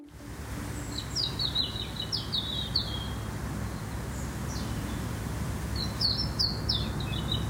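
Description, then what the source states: European robin singing thin, high, wispy warbled phrases with quick descending notes, repeated after a pause, over a steady low rumble of background noise. In a garden; a sound that made the recordist very happy.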